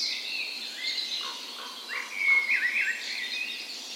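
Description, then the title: Birds in dawn chorus, soft whistled notes and overlapping chirps, with a louder clear whistled phrase midway among continuous high twittering. Dawn chorus in spring, morning of 17 May, Norway's National Day, in a park west in Bergen, Norway; recorded with Sony PCM A10 and LOM micro Usi microphones as tree ears. "17th Of May Dawn Chorus"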